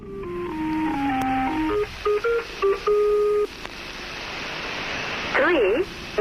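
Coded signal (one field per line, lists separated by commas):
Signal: numbers station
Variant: Lincolnshire Poacher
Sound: electronic folk-tune interval melody of steady notes, then short warbling sweeps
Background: radio static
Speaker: after the poacher [Music] played 3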